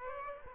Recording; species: mosquito wingbeat signal from an infrared sensor; Aedes aegypti